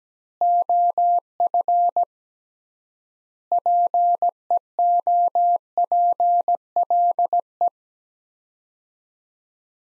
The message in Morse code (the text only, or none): OF PEOPLE